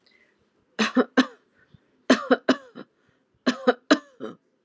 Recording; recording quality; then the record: shallow voluntary cough; excellent, no background noise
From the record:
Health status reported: healthy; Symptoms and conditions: none ticked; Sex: female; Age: 43 years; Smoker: not ticked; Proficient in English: yes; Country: India